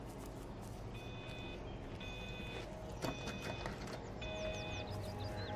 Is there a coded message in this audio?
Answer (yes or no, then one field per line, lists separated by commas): no